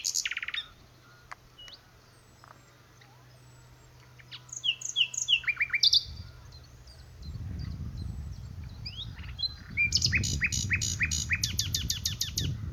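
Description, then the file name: Common nightingale song: scattered sharp notes, then descending whistled slurs, ending in a fast, loud series of repeated chopping notes, over a low rumble. "Nachtigall"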